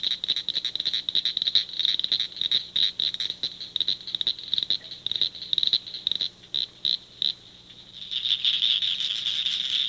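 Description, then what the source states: Cricket frog clicking call, rapid sharp high clicks in quick irregular runs, merging into a dense rattle near the end. Call; Texas.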